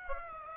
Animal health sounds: mosquito wingbeat signal from an infrared sensor; Aedes aegypti

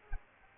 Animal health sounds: mosquito wingbeat signal from an infrared sensor; Aedes aegypti

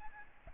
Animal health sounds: mosquito wingbeat signal from an infrared sensor; Aedes albopictus

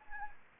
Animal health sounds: mosquito wingbeat signal from an infrared sensor; Anopheles arabiensis

